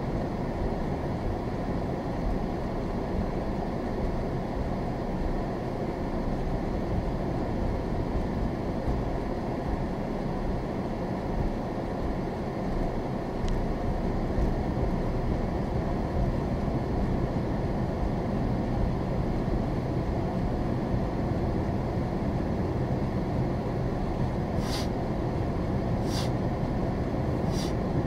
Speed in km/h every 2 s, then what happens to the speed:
16, 16, 16, 19, 19, 16, 15, 21, 26, 26, 26, 24, 23, 26.
0-12 steady at about 16. 12-16 speeds up to 26. 16-24 steady at about 26.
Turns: none.